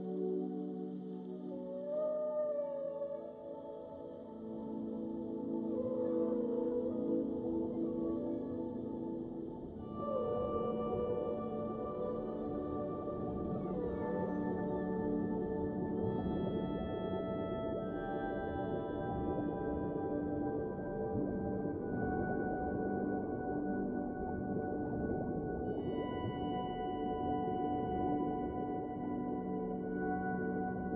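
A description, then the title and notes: Humpback whale calls glide and bend over a steady bed of sustained ambient tones, with low ocean rumble running underneath throughout. The calls rise and fall in pitch, most noticeable in the first fifteen seconds, while the layered drone holds constant to the end. A meditative and healing Whale Song with a mixture of Humpback whale calls, calming ocean noises and relaxing ambient music.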